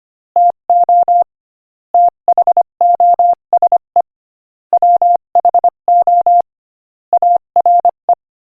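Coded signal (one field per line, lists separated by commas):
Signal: Morse code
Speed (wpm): 25 wpm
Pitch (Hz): 700 Hz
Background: none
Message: TO THOSE WHO ARE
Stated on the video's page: Morse code practice at 25 wpm, sending inspirational quotations.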